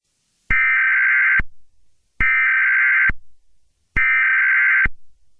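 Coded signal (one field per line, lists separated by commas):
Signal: Emergency Alert System (SAME) tones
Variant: header bursts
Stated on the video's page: Fictional EAS mini scenario.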